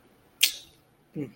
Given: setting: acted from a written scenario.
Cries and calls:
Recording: vocal sound without words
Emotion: contempt

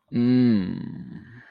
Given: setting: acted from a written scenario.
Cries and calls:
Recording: vocal sound without words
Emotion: ecstasy

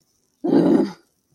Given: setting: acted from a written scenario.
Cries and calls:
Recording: vocal sound without words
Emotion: anger

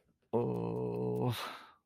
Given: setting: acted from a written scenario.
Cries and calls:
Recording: vocal sound without words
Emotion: embarrassment

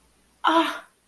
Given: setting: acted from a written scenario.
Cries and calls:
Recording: vocal sound without words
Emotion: realization

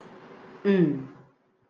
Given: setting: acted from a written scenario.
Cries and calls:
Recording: vocal sound without words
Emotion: neutral

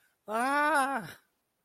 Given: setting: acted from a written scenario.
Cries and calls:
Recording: vocal sound without words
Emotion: fear

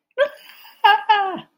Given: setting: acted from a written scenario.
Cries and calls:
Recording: vocal sound without words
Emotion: fear

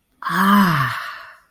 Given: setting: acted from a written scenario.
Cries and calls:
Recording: vocal sound without words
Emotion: ecstasy

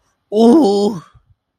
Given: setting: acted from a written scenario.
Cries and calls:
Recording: vocal sound without words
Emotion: pain

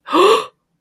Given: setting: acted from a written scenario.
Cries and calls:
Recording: vocal sound without words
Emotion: negative surprise

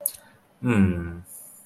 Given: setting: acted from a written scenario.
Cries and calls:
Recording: vocal sound without words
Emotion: awe

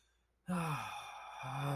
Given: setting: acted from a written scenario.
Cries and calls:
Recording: vocal sound without words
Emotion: shame

